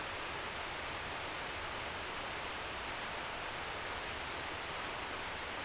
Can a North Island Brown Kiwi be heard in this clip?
no